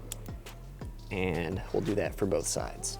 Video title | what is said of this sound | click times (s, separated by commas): Cybertruck CTX Bumper LED Morimoto Light Pod & Harness 🔧 DIY Step-by-Step Installation Instructions | before we get the bumper installed so we're just going to go ahead and plug those cables in until we hear the click | 0.1 s